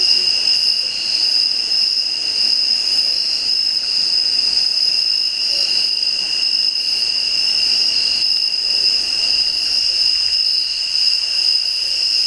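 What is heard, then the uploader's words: Crickets chirp at night in a dense, unbroken high trill that holds steady for the whole stretch. Several insects seem to overlap at slightly different pitches, forming a bright, shimmering layer. Below it there is only a faint, quiet background hush. The sound of Crickets at night time.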